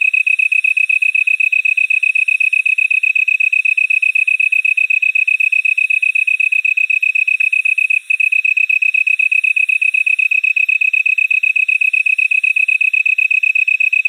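Tree cricket (Oecanthus longicauda): tree cricket song, an even, continuous high-pitched trill of rapid regular pulses, with a single short gap near the middle.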